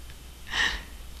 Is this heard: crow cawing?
no